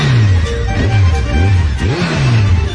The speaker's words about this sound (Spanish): La moto del Toto.